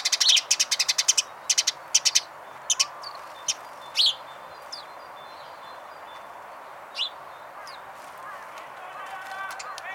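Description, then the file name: House sparrow chirps: a rapid burst of sharp cheeps at the start, then scattered single chirps and quieter calls. "Passer domesticus"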